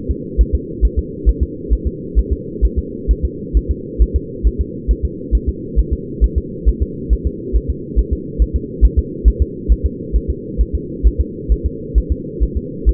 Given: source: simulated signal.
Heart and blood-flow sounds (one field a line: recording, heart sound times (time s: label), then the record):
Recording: fetal heart sounds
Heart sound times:
0.11 s: S2
0.41 s: S1
0.55 s: S2
0.85 s: S1
0.99 s: S2
1.29 s: S1
1.43 s: S2
1.73 s: S1
1.87 s: S2
2.19 s: S1
2.33 s: S2
2.65 s: S1
2.79 s: S2
3.11 s: S1
3.25 s: S2
3.57 s: S1
3.71 s: S2
4.02 s: S1
4.16 s: S2
4.47 s: S1
4.61 s: S2
4.91 s: S1
5.05 s: S2
5.35 s: S1
5.49 s: S2
5.79 s: S1
5.93 s: S2
6.24 s: S1
6.38 s: S2
6.69 s: S1
6.83 s: S2
7.13 s: S1
7.27 s: S2
7.56 s: S1
7.70 s: S2
7.99 s: S1
8.13 s: S2
8.42 s: S1
8.56 s: S2
8.85 s: S1
8.99 s: S2
9.28 s: S1
9.42 s: S2
9.72 s: S1
9.86 s: S2
10.16 s: S1
10.30 s: S2
10.61 s: S1
10.75 s: S2
11.07 s: S1
11.21 s: S2
11.52 s: S1
11.66 s: S2
11.98 s: S1
12.12 s: S2
12.43 s: S1
12.57 s: S2
12.89 s: S1
From the record:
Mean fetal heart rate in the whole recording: 135 bpm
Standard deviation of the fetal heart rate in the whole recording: 3 bpm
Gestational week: 34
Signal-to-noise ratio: -4.1 dB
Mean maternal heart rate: no maternal heart sound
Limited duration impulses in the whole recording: absent